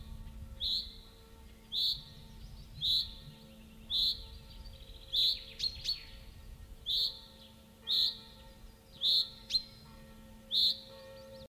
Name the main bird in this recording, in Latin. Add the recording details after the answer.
Fringilla coelebs. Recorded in the wild. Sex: male. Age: adult. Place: Schloß Holte-Stukenbrock, Senne, Nordrhein-Westfalen, DE. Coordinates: 51.8703, 8.67111. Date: 1964-06-07. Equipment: Uher 4000 Report-S, Bändchenmikro Beyer M 260, Parabolspiegel Polyester (470 mm). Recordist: Conrads, Klaus